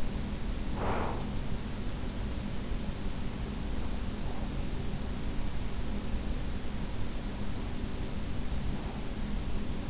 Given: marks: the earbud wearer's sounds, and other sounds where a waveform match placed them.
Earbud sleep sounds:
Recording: sounds in sleep by an in-ear microphone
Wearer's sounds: breath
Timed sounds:
0.00-1.81 s: breath

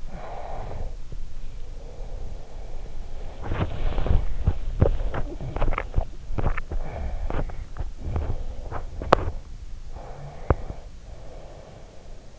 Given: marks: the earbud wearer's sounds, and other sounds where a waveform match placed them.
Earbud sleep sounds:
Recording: sounds in sleep by an in-ear microphone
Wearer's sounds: breath, body movement, teeth grinding, swallowing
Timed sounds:
0.00-2.75 s: breath
3.02-4.45 s: body movement
4.41-11.15 s: teeth grinding
5.53-6.22 s: swallowing
6.37-7.27 s: swallowing
6.88-9.50 s: breath
10.00-12.39 s: breath

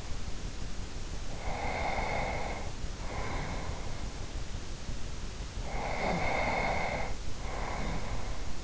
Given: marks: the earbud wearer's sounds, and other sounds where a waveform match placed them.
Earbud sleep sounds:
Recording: sounds in sleep by an in-ear microphone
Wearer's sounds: breath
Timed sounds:
1.43-4.28 s: breath
5.51-8.64 s: breath

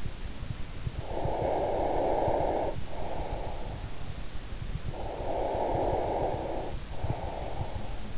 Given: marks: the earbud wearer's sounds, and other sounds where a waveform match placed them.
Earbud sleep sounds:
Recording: sounds in sleep by an in-ear microphone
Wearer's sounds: breath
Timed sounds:
1.00-3.95 s: breath
4.82-8.18 s: breath

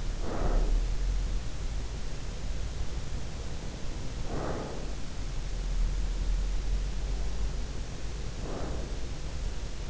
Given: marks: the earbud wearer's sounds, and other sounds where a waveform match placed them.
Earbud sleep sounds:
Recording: sounds in sleep by an in-ear microphone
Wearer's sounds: breath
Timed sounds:
0.00-1.08 s: breath
4.06-5.23 s: breath
8.01-9.43 s: breath

